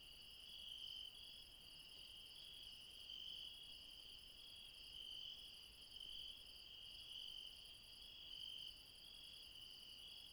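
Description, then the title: Insects trill continuously at high pitch, one caller adding brief brighter bursts every second or two, over a quiet background. Late night in the mountains at Refuge Krevatia, Barbala, Dion, Greece. "Refuge Krevatia, Μπαρμπαλά, Dion 601 00, Greece - Late night mountain insects"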